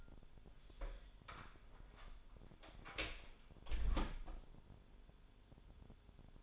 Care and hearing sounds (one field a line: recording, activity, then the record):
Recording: daily activity, microphone in the room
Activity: close door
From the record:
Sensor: 5